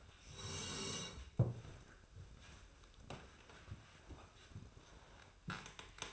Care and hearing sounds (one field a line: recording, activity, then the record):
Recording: daily activity, microphone in the room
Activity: sit down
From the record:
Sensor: 2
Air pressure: 1004.9 hPa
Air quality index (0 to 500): 84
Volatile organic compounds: 2 ppm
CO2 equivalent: 1001 ppm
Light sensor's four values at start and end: 6/15/6/6 and 7/16/7/7